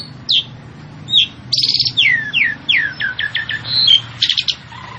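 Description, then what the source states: Javan pied starling song: a rapid run of down-slurred whistles and buzzy bursts, with harsh chatter near the end; faint hum. Female bird, vocal and persistent (gacor, ngotot).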